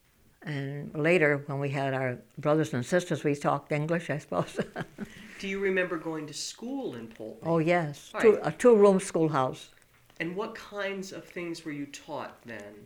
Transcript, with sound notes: And later when we had our brothers and sisters we used to talk English, I suppose. ( she laughs )
Do you remember going to school in Poultney?
Oh, yes. A two-room schoolhouse.
And what kinds of things were you taught then?